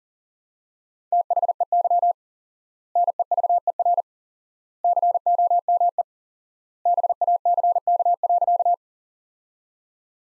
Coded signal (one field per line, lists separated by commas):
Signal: Morse code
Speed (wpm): 40 wpm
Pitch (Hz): 700 Hz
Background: none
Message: THEY NEVER COME BACK.